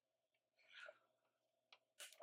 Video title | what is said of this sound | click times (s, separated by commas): HMT Gautam Watch Repair - Part 1 | Yeah. You just heard it snap that. Pop the cap off. | 2.0 s